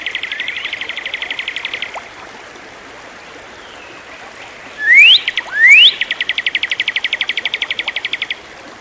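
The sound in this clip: Bird song: a fast even trill of clipped notes, a pause, two rising slurred whistles, then another long rapid trill.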